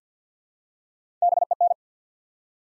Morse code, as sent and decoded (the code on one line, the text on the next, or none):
-... . -.
BEN